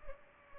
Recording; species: mosquito wingbeat signal from an infrared sensor; Culex pipiens